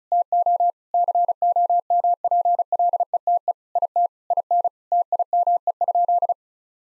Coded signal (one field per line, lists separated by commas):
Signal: Morse code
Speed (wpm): 36 wpm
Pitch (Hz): 700 Hz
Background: none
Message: TO COMPLETE IT IN TIME?